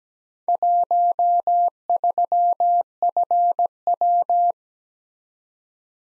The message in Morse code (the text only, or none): 13FW